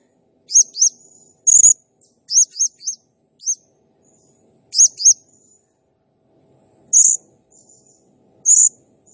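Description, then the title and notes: Blue-crowned hanging parrot giving very high, thin, sharp chirps in quick pairs and short bursts, spaced by pauses. Sound used as a masteran (training sound) and lure for other birds; described as gacor, rapid-firing singing said to excite all birds. "Burung Serindit Nembak Gacor Bikin Emosi Semua Burung. Suara Nasteran Dan Pemikat Burung Serinditan Gacor"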